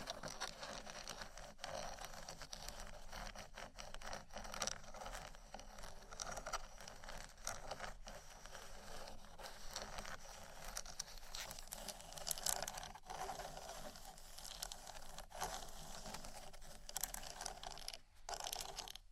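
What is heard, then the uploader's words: Scratching and tapping textures run continuously, a dense scraping rasp with quick irregular ticks and small clicks throughout. The sound is bright and busy with little low end, holding fairly steady, briefly louder near twelve seconds and dipping for a moment around eighteen. ASMR Textures Scratching & Tapping (No Talking).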